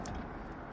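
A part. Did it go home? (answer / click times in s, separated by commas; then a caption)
yes / 0.1 s. A detachable steering wheel is fitted back onto its quick-release hub in an LS-swapped 240SX drift car with a T56 transmission, so it won't be dropped. A short, sharp click at 0.1 s rises above a steady broadband background hum. The wheel locks onto the hub and is seated.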